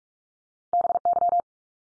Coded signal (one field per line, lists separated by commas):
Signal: Morse code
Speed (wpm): 44 wpm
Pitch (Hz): 700 Hz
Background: none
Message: BY